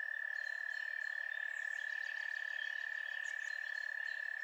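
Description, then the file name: Frogs calling in a dense, unbroken chorus that holds a steady high trilling tone throughout. Frogs in a night chorus. "Night Birds and Frogs"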